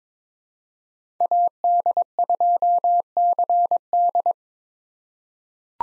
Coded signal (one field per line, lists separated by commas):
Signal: Morse code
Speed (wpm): 21 wpm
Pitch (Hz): 700 Hz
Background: none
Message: AD2CD